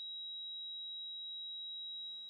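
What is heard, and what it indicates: A steady, high-pitched pure tone near 4 kHz holds unchanged for about two seconds, then gives way to faint hiss. It simulates tinnitus, the ringing or whistling a person hears with no outside sound present.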